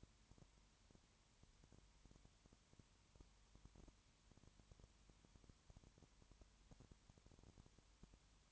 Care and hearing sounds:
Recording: daily activity, microphone in the room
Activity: no activity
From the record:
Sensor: 3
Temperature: 21.1 degrees Celsius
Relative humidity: 37.0%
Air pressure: 1010.6 hPa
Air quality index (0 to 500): 204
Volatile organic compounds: 31 ppm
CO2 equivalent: 2977 ppm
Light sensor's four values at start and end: 2/3/2/2 and 2/3/2/2

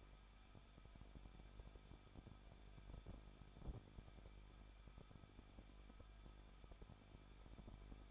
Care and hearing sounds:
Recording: daily activity, microphone in the room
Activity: no activity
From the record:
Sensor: 5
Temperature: 20.8 degrees Celsius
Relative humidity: 38.3%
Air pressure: 1006.6 hPa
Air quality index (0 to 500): 186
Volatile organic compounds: 17 ppm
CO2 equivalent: 2597 ppm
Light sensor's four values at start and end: 2/3/1/1 and 2/3/1/1

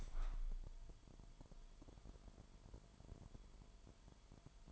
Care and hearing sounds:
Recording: daily activity, microphone in the room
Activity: open window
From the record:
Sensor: 5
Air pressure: 998.2 hPa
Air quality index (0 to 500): 90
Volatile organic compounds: 2 ppm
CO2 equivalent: 1027 ppm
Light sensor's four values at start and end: 21/50/20/23 and 21/50/21/23

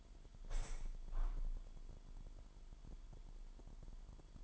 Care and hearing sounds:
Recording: daily activity, microphone in the room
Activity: open window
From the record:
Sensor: 5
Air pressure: 998.8 hPa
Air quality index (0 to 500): 104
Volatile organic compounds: 2 ppm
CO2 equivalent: 1199 ppm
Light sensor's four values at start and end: 57/141/58/66 and 57/142/58/66

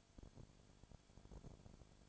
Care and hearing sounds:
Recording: daily activity, microphone in the room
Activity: no activity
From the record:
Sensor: 5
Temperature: 20.2 degrees Celsius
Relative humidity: 36.5%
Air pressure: 1001.2 hPa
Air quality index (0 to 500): 177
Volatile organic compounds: 4 ppm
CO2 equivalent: 1609 ppm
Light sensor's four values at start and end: 2/3/1/1 and 2/3/1/1

